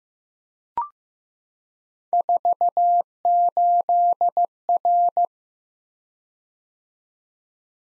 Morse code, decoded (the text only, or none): 48R